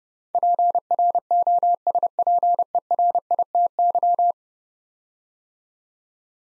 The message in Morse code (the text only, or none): PROSPERITY